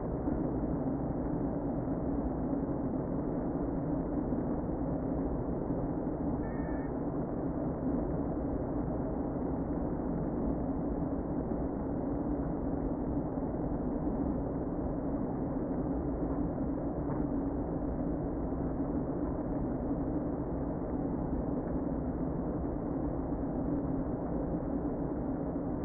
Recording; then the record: honeybee colony, microphone inside the hive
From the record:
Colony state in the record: queen present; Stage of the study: before two queens were removed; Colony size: about 60,000 bees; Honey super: yes